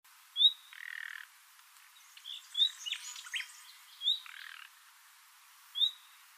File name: Luscinia megarhynchos